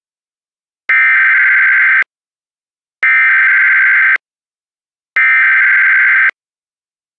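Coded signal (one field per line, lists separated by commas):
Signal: Emergency Alert System (SAME) tones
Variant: header bursts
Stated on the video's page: Mock dust storm warning, not a real alert.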